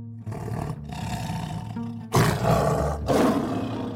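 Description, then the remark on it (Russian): A big cat, pressed to the floor and ready to pounce, roars with a deep, guttural, rasping rumble in a cramped workshop. The roar grows much louder halfway through, almost deafening, dips briefly, then surges again, with no talking. “Рык стал громче, горловым, почти оглушающим в тесной мастерской.”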